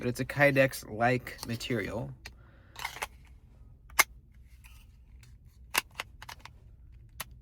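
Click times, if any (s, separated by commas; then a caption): 4.0 s. A Kansept Flank fixed-blade knife is pushed into its kydex-like plastic sheath after someone talks. Quieter handling sounds come first, then the blade snaps into the sheath's retention with a sharp, crisp click at 4.0 s, seating firmly. A few fainter ticks follow.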